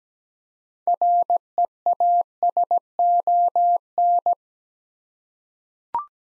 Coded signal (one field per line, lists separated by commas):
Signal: Morse code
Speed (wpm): 17 wpm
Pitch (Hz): 700 Hz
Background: none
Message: REASON